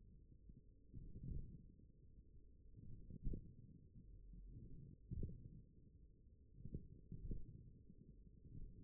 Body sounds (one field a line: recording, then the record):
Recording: forearm muscle sounds (acoustic myography)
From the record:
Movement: radial deviation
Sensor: system 1, eight BSWA MPA416 microphones around the upper forearm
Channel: 4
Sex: male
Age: 42 years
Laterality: right